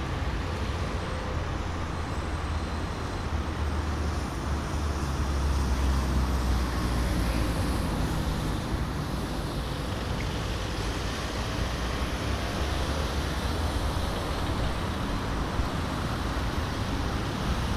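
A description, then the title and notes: General street atmosphere on the Kneuterdijk in The Hague: a steady, dense wash of traffic with a deep low rumble from passing vehicles throughout. The level stays nearly even for the whole stretch, with no sharp events standing out. General atmosphere on the Kneuterdijk in The Hague.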